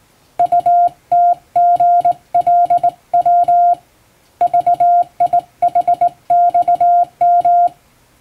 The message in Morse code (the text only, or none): UTGLW VIHXM